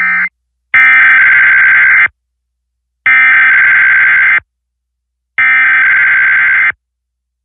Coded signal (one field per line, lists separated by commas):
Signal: Emergency Alert System (SAME) tones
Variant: header bursts